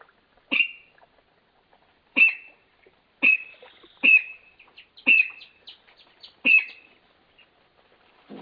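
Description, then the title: Spotted rail calling: six sharp, high, clipped notes with a percussive onset, at irregular intervals, in otherwise quiet surroundings. Nominate subspecies, Pardirallus maculatus maculatus. "LuckyPassaro Completos2Sama. Spotted Rail (Pardirallus maculatus maculatus)"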